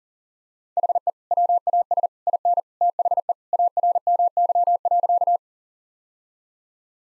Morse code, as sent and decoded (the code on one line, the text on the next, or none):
.... . / .-- .- ... / .. -. / - .... . / .- .-. -- -.-- .-.-.-
HE WAS IN THE ARMY.